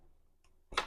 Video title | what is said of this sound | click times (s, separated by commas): Twice Baked Potatoes SD 480p | so start with the base you position the base where you need it and then it locks | 0.8 s